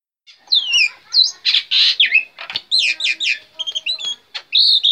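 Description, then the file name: Black-winged myna song of slurred whistles, harsh buzzes and chattering notes, ending on a drawn-out clear whistle. Black-winged myna singing energetically. "suara jalak putih gacor"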